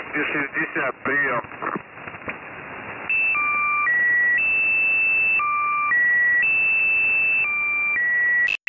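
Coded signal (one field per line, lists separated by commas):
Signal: channel marker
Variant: The Squeaky Wheel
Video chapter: 01:56 channel maker start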